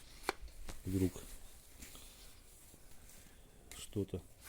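A Yakut knife with a 144 mm blade, 17 mm wide and 4 mm thick (131 g, 199 g in its sheath), is handled at its wooden, leather-covered sheath, which it locks into with a short click. A sharp tick sounds at 0.3 s, followed by soft rubbing and scraping and dull low thumps near 1.0 s and 4.0 s while someone talks. The blade has not clicked home in the sheath yet.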